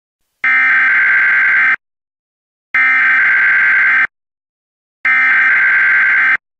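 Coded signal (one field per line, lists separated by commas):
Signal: Emergency Alert System (SAME) tones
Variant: header bursts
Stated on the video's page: Not a real broadcast alert; a recreation of an actual flood watch that was received as a phone alert.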